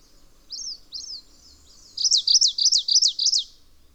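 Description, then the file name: Bird song: two slurred high whistles, then a fast run of several sharp high notes. "obscuratus song"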